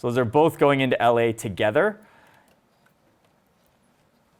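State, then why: Not seated. Someone talks while two stripped wire ends, a spare red lead and the red wire from the main cable, are pushed together into a lever-style wire connector, followed by near silence with faint ticks at 2.9 s and 4.4 s. One wire slips back out and does not stay in, so nothing has seated or clicked yet.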